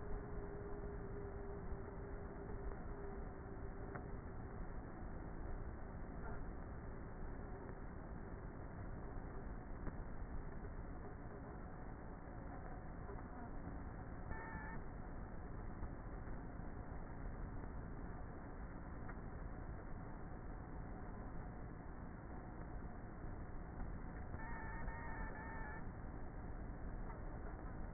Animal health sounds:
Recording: honeybee colony, microphone inside the hive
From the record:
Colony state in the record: queenless with a low population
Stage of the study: before two queens were removed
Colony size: about 30,000 bees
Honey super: no

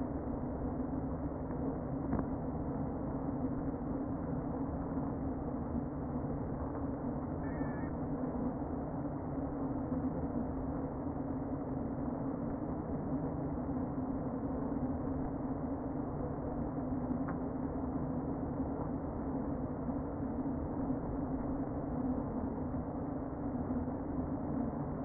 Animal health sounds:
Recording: honeybee colony, microphone inside the hive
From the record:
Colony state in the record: queen present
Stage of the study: before two queens were removed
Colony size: about 60,000 bees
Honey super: yes

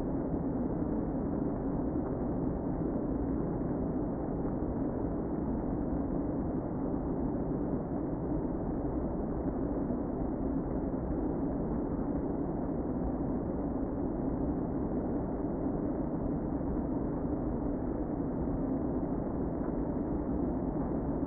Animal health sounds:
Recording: honeybee colony, microphone inside the hive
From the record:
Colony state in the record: queen present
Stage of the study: before two queens were removed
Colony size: about 60,000 bees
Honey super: yes

